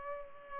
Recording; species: mosquito wingbeat signal from an infrared sensor; Culex pipiens